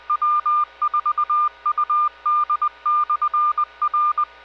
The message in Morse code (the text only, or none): W4UD/R